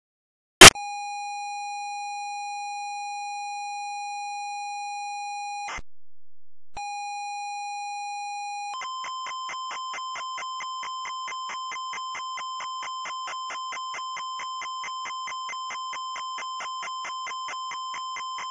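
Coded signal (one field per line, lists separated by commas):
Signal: ZX Spectrum tape loading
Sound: click, steady buzzy pilot tone, short break, tone again, then rapid rasping data warble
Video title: C3PO - Loading screen (ZX Spectrum)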